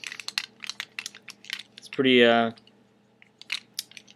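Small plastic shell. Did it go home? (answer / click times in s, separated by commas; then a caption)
yes / 0.4 s. The removable plastic top shell of a small fast-food robot toy is pressed back onto the toy's body, and it snaps into place with a sharp click at 0.4 s. More small plastic clicks and handling taps follow. Someone talks briefly in the middle, and the shell is seated.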